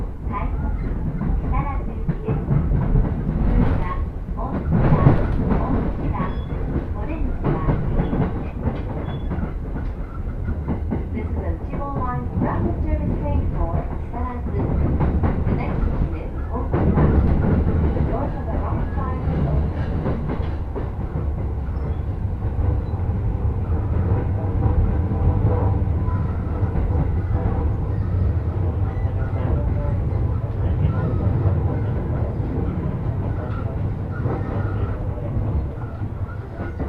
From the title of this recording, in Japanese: 鉄道旅 内房線快速 千葉→木更津